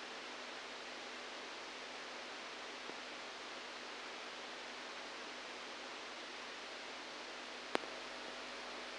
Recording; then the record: brain microelectrode recording played as sound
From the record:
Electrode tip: outside the subthalamic nucleus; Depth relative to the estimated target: 1 mm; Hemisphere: right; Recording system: NeuroSet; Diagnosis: Parkinson's disease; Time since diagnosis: 7 years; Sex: male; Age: 69 years